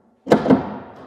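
A steel gooseneck ball, which at first does not sit fully down in the underbed hitch socket of a Curt EZr Double Lock underbed gooseneck trailer hitch on a 2024 Chevrolet Silverado, is turned until it drops into place. It seats with a loud metallic thunk at 0.3 s, followed by a second knock about 0.5 s and a fading ring-out. The ball is now seated in the socket.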